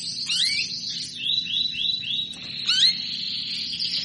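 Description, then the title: Canary song, loud and clear: a string of repeated arched whistled notes, then a sharp upward sweep and a sustained high trill. Female canary asking to mate; played to stimulate Belgian canaries into singing. "Canto Para Esquentar Canário Belga. Suara burung kenari betina minta kawin"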